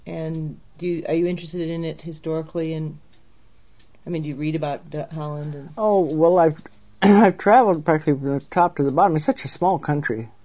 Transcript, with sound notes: And do you - are you interested in it historically? And - I mean, do you read about Du - Holland, and -?
Oh, well, I've - (clears throat) I've traveled practically from the top to the bottom - it's such a small country.